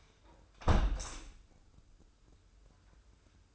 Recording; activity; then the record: daily activity, microphone in the room; close window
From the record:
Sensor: 2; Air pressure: 995.6 hPa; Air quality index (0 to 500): 87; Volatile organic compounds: 4 ppm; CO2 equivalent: 1576 ppm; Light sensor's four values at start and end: 24/76/30/29 and 24/76/30/29